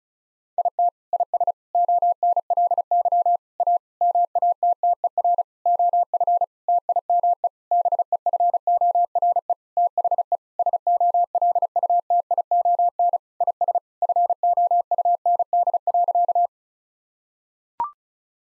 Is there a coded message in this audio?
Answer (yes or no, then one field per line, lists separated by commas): yes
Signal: Morse code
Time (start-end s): 0.6-16.5 s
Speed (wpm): 36 wpm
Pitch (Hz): 700 Hz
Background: none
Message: IT IS ONLY A MATTER OF TIME BEFORE THE SOLUTION IS FOUND.